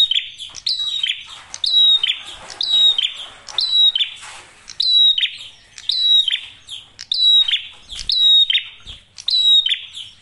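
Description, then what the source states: Prinia song: rapid, high, twangy phrases sweeping down, repeated about once a second, with some soft hissing behind the bird. Masteran tutor audio for training songbirds; prenjak merah singing actively with a clear voice.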